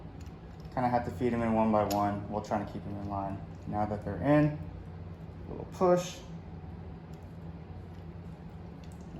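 Someone talks while pushing a Flyin Miata fuel rail onto the fuel injectors of a built motor, feeding the injectors into the fuel rail and cylinder head one by one. One injector will not go into its seat, and nothing has seated or clicked yet.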